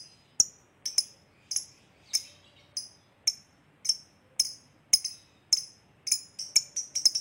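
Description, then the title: Lovebird chirping: a series of short, high, sharp chirps with clicks, coming faster toward the end. Lovebird described as very good at memancing, baiting other birds into calling. "Dari Gayanya Lovebird Ini Terlihat Pintar Sekali Memancing"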